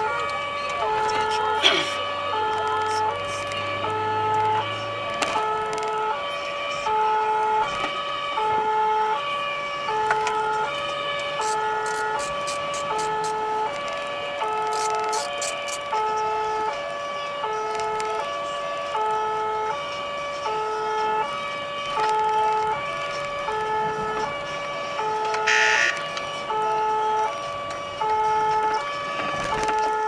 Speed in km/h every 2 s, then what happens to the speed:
56, 61, 73, 72, 64, 68, 76, 78, 75, 73, 68, 67, 73, 74, 47.
1-4 speeds up to 73. 6-8 brakes to 64. 8-13 speeds up to 78. 13-21 slows to 67. 21-26 speeds up to 74. 26-30 brakes to 47.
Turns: none.